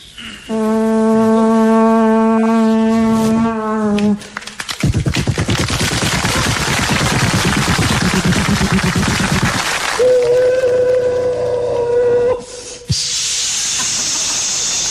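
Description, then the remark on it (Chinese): In a xiangsheng comedy skit, a voice imitates a train: a steady, horn-like whistle, then a long stretch of loud, rhythmic hissing chuffs, a shorter whistle tone, and a final burst of steam-like hiss. “别说啊，你学的还真像， 像林如， 像火车。”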